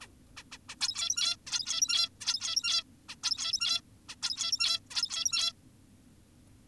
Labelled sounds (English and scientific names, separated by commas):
Zebra Finch (Taeniopygia guttata)